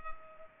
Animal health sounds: mosquito wingbeat signal from an infrared sensor; Culex pipiens

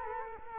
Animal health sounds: mosquito wingbeat signal from an infrared sensor; Culex quinquefasciatus

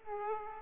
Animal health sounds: mosquito wingbeat signal from an infrared sensor; Aedes aegypti

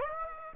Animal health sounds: mosquito wingbeat signal from an infrared sensor; Aedes aegypti

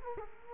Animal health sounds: mosquito wingbeat signal from an infrared sensor; Culex quinquefasciatus

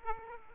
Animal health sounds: mosquito wingbeat signal from an infrared sensor; Aedes aegypti

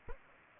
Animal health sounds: mosquito wingbeat signal from an infrared sensor; Anopheles arabiensis

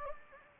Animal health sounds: mosquito wingbeat signal from an infrared sensor; Anopheles gambiae

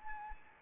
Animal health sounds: mosquito wingbeat signal from an infrared sensor; Anopheles arabiensis

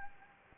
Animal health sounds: mosquito wingbeat signal from an infrared sensor; Anopheles gambiae

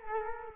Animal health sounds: mosquito wingbeat signal from an infrared sensor; Culex quinquefasciatus

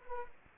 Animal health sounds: mosquito wingbeat signal from an infrared sensor; Culex quinquefasciatus

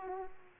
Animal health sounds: mosquito wingbeat signal from an infrared sensor; Aedes aegypti

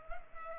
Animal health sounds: mosquito wingbeat signal from an infrared sensor; Culex pipiens

